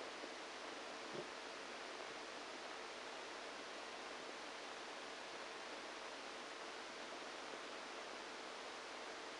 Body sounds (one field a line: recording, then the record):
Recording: brain microelectrode recording played as sound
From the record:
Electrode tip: inside the subthalamic nucleus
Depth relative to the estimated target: 2 mm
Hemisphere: right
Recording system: NeuroSet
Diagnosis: Parkinson's disease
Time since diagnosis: 14 years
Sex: male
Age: 51 years